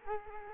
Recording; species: mosquito wingbeat signal from an infrared sensor; Culex quinquefasciatus